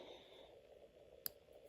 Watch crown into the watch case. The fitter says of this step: a nice clicking down mechanism.